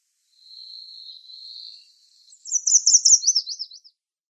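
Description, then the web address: Yellow warbler song: a thin, steady high tone, then a quick burst of slurred warbling notes that slip lower toward the end. "Schulze Peter Yellow Warbler song"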